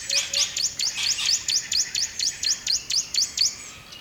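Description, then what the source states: Bird song: a fast series of high, thin, sweeping notes repeated rapidly about three times a second, with a soft steady background hiss. River at dawn.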